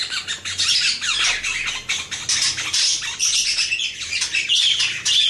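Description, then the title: Oriental magpie-robin song, a loud unbroken torrent of high, varied whistles and scratchy chattering notes with hardly a pause. Champion bird in lively, chatty singing form. "Kacer Juara Gacor"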